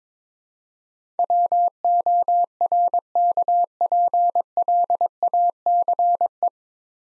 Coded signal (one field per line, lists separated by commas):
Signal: Morse code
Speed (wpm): 22 wpm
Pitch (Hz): 700 Hz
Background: none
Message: WORKPLACE